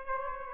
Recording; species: mosquito wingbeat signal from an infrared sensor; Aedes aegypti